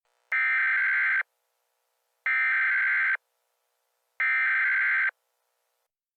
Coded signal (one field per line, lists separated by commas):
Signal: Emergency Alert System (SAME) tones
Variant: header bursts